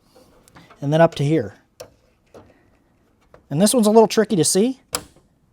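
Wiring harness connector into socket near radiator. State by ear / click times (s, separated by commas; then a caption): seated / 5.0 s. A wiring harness connector that is hard to see is pushed into its socket near the radiator while someone talks. A few faint taps and handling sounds come between the phrases, and a sharp click at 5.0 s marks the connector seating in place.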